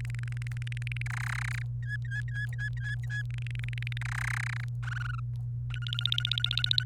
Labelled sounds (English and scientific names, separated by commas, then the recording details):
Domestic Canary (Serinus canaria) song
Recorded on 29 April 2018 at 15:19
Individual llb3